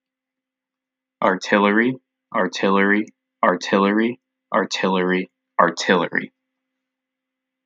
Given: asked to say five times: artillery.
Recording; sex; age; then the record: repeated word; male; 20 to 29 years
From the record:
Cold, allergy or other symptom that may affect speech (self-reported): no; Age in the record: 24 years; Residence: Indiana, United States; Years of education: 16